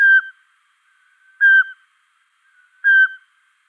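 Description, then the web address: Eurasian pygmy owl song, three soft, piping whistles on the same pitch, evenly spaced about every 1.4 seconds against silence. Recorded in Luxembourg. "Sperlingskauz. rapaces-nocturnes-au-luxembourg chevechette-d-europe"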